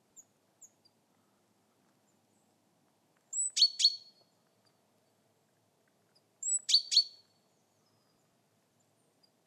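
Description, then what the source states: Java sparrow calls: two short bursts about three seconds apart, each a thin upslurred note followed by a quick cluster of sharp, high chips, with quiet between. Female call.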